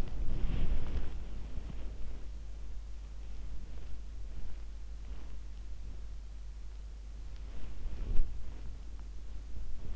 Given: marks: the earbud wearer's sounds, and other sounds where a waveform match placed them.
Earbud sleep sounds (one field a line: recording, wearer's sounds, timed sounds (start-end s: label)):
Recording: sounds in sleep by an in-ear microphone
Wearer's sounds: body movement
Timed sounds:
0.00-2.48 s: body movement
7.40-8.71 s: body movement